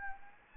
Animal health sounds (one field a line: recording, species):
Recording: mosquito wingbeat signal from an infrared sensor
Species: Anopheles arabiensis